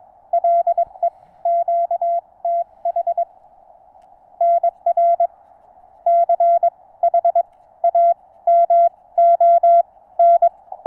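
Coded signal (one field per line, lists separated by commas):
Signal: Morse code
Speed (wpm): 22 wpm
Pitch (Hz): 680 Hz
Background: none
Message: LE QTH NR CHAMON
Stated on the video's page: Morse contact in French on 80m using NVIS propagation with a low-slung wire antenna.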